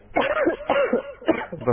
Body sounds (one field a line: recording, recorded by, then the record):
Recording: voluntary cough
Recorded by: telephone call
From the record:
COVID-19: positive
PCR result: checked with the laboratory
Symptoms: yes